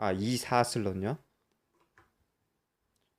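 Someone talks for the first second or so, then a memory module is set lightly into a motherboard DIMM slot and lined up before being pressed down, with only a faint, brief handling sound near 2.0 s. Nothing has seated or clicked yet.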